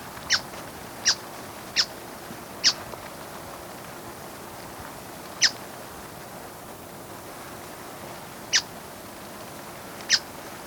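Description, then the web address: Buff-browed foliage-gleaner calls: abrupt, dry single notes, four in quick succession, then three spaced more widely apart, against faint background hiss. Recorded in Ecuador. "Birds of Ecuador. Buff-Browed Foliage-Gleaner"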